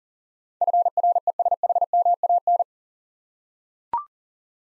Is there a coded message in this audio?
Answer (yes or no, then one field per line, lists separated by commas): yes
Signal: Morse code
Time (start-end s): 0.6-2.6 s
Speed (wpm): 39 wpm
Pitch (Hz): 700 Hz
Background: none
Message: FRESHMAN